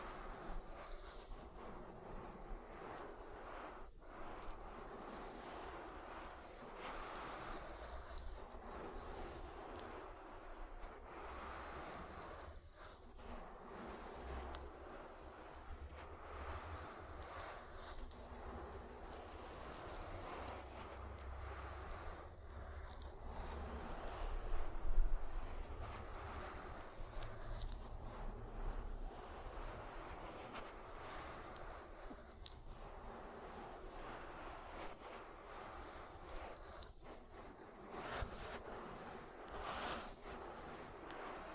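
An oil ear massage: continuous, dense rubbing and slick squishing over a steady low rumble that never lets up. The texture stays fairly even, with a brief swell and a sharp bump around 25 seconds and a few soft thuds scattered through.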